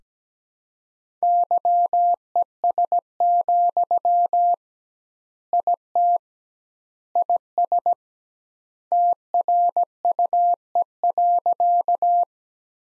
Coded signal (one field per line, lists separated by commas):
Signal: Morse code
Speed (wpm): 17 wpm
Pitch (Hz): 700 Hz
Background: none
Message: YES, IT IS TRUE.